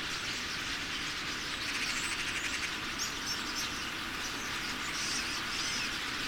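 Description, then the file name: Common starlings in a massive flock, a dense unbroken wash of chattering and hissing calls with faint high whistles flickering through. About 10,000 starlings coming in to roost. "Common-Starling-10000-Starlings-Come-To-Roost"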